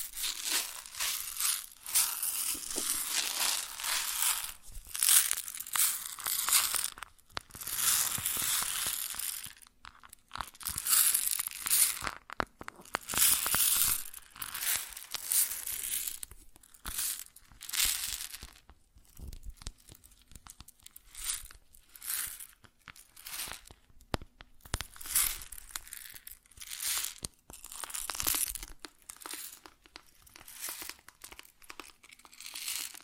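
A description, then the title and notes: Grain shifting and pouring in dense, crackling bursts, bright and gritty, surging and pausing irregularly throughout with brief silent gaps between. ASMR Grain Sounds (No Talking).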